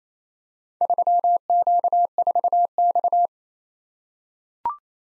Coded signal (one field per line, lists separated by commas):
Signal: Morse code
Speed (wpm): 28 wpm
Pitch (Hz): 700 Hz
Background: none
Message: 3Q4X